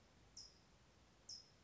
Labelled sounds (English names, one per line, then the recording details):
California Towhee
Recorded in Sonoma County, California